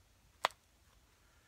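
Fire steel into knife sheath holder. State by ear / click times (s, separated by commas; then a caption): seated / 0.4 s. A ferro rod fire steel is pushed back into its holder on a knife sheath, where it locks into place so it won't be lost. A single sharp, bright click lands at 0.4 s over a quiet background, and the fire steel is seated.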